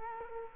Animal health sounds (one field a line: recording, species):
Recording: mosquito wingbeat signal from an infrared sensor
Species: Culex quinquefasciatus